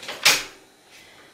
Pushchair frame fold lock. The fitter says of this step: it will simply pull back up until you hear it click again, and